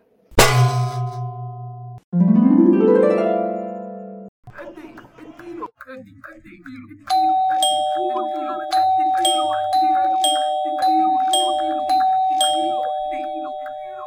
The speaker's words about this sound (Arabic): مين مين مين اللي بيرن الجرس جامد كده؟